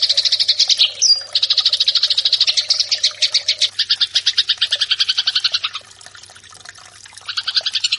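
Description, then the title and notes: Eurasian tree sparrow chatter: rapid chirp series that slows and thins toward the end, a short quiet gap, then another quick burst of chirps. Fighting-style sparrow song, used as a master recording to train birds to fight. "GEREJA TARUNG. burung gereja"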